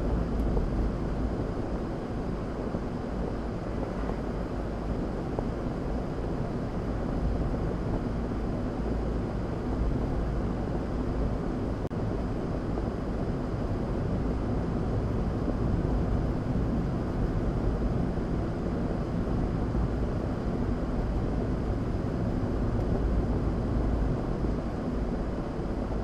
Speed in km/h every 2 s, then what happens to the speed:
52, 52, 55, 56, 55, 53, 55, 58, 60, 58, 56, 53, 50.
0-11 steady at about 53. 11-17 speeds up to 60. 17-26 slows to 50.